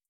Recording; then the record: hydrophone in a shrimp aquaculture tank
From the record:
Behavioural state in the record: starved